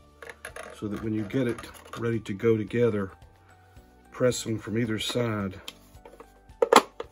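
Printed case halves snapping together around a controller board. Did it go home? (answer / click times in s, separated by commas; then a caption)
yes / 6.6 s, 6.8 s. Someone talks while the two halves of a 3D-printed plastic control box case for a LowRider 3 CNC, holding an SKR Pro 1.2 controller board and a TFT35-E3 touch screen, are pressed together from either side. The snap features engage with sharp clicks at 6.6 s and 6.8 s, and the case halves are seated together.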